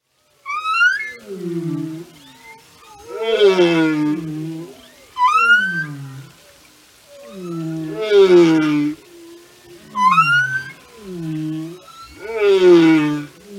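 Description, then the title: Whale song: harmonic descending moans alternating with short rising whoops and bright upswept cries, the phrases repeating several times. Whale songs and communication. "Whale Behavior"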